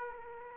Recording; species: mosquito wingbeat signal from an infrared sensor; Aedes aegypti